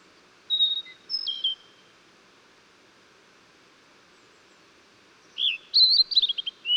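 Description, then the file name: Blue-and-white flycatcher song: two short whistled notes at the start, a long gap, then a rapid phrase of slurred, twittering whistles at the end. Recorded 14 June 2009. "20090614 ooruri"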